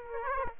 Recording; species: mosquito wingbeat signal from an infrared sensor; Aedes aegypti